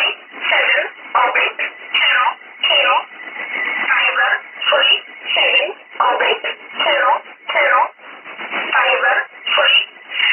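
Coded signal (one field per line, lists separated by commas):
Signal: numbers station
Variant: E11 Oblique, English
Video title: 08 11 2017 Numbers station E11 Oblique in English to Eu 0900 on 9446 unknown tx site in USB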